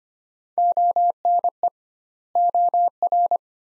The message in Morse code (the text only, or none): ONE OR